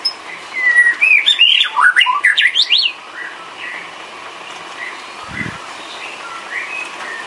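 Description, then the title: Bird song: a fast burst of chirpy, sweeping notes for about two seconds, then softer scattered whistled notes over steady background hiss. Masteran training recording, a complete bird song compilation for teaching songbirds. "Kicau Burung Masteran Lengkap"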